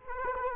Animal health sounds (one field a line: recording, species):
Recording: mosquito wingbeat signal from an infrared sensor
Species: Culex quinquefasciatus